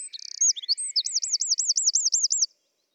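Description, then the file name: Eurasian wren song ending: a quick rattle and chips, then a run of several rolling, looped whistles that stop abruptly, followed by silence. "Troglodytes troglodytes"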